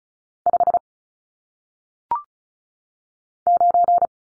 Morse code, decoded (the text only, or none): 5 9